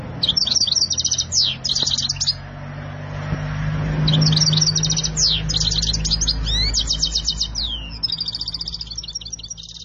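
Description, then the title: Canary song in long bursts of rapid trills and rolls, broken by sweeping notes and short gaps, over a low steady hum. Loud, persistent, long rolling canary song, meant to prompt another canary to answer. "LANGSUNG NYAUT GACOR DOR Kenari Manasaja, Dengan Kicau Kenari GACOR NGOTOT ROLL PANJANG"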